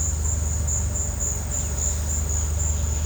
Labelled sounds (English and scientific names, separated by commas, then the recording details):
none
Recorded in pastures near Puerto Asís, Putumayo, Colombia, on 18 December 2024 at 14:00
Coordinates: 0.466, -76.322
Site G040